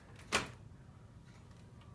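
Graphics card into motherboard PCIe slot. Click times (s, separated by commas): 0.3 s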